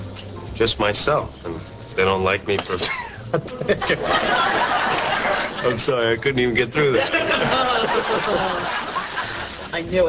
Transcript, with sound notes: Umm, just myself and if they don’t like me for— (Laughs.) I’m sorry I couldn’t even get through that.
I knew it!